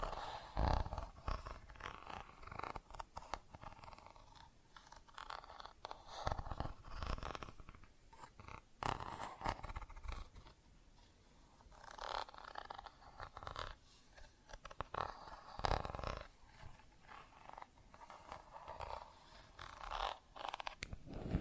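Plastic objects tapped and scratched in an irregular, busy pattern, with sharp clicks and taps scattered throughout and short bursts of crunchy scraping around 1, 7, 12, 15 and 20 seconds. Quieter rustling and light scratching fill the gaps between the louder hits.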